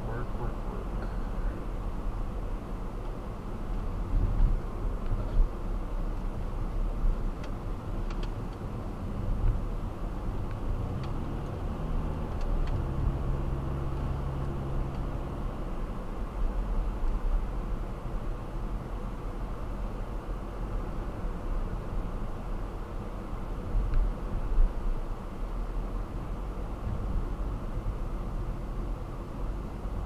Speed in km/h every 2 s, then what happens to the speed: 45, 42, 35, 32, 35, 32, 35, 45, 47, 44, 44, 45, 42, 37, 31.
0-6 slows to 32. 6-11 steady at about 32. 11-15 speeds up to 47. 15-22 steady at about 44. 22-30 slows to 31.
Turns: none.